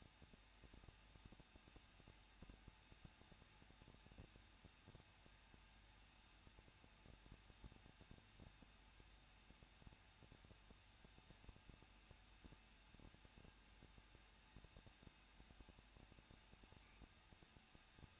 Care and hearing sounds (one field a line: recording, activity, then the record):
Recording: daily activity, microphone in the room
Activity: no activity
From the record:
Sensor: 2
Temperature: 21.0 degrees Celsius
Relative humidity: 37.5%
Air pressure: 1006.3 hPa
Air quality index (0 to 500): 223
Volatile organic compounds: 25 ppm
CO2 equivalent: 2828 ppm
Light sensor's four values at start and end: 2/3/2/2 and 2/3/2/2